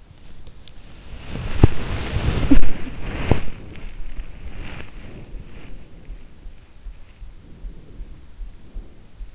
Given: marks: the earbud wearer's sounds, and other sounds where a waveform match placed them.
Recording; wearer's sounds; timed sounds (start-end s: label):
sounds in sleep by an in-ear microphone; body movement, breath
0.24-7.10 s: body movement
7.25-9.35 s: breath